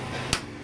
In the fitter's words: in you hear that little snip she's in she's good alright